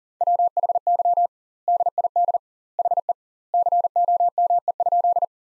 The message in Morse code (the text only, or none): WHY DID HE COME?